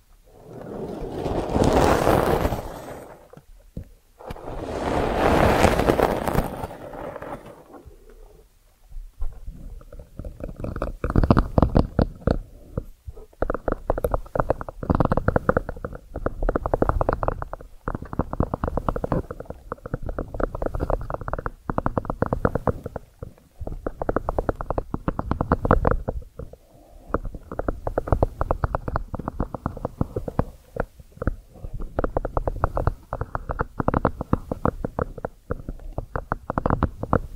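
Ear cleaning sounds: two loud, full rushing swells around two and five seconds, like something pressed over the ear. After that comes a long stretch of quick, crackly scratching and rubbing, dense and irregular, with soft low rumbling underneath.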